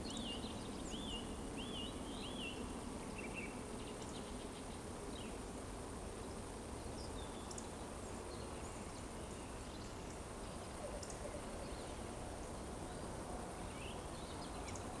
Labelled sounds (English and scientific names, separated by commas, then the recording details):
Eurasian Woodcock (Scolopax rusticola) whistle
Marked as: whistle, whistle, whistle, whistle, whistle
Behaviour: display flight
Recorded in Baden-Württemberg, Germany, on 23 June 2020 at 20:01 UTC
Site 14569, 102 m above sea level